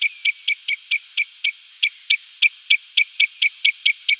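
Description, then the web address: Common redshank repeating short, piping notes rapidly, about four each second, with one brief pause. "Schulze Peter Common Redshank calls"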